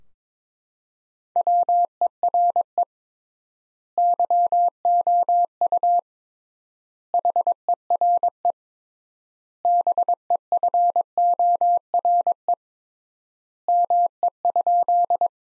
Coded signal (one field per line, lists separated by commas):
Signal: Morse code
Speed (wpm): 22 wpm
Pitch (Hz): 700 Hz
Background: none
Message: WERE YOU HERE BEFORE ME?